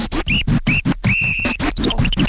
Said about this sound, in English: and now I play the whistles. First one whistle,